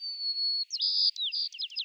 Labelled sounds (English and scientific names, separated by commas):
White-crowned Sparrow (Zonotrichia leucophrys) song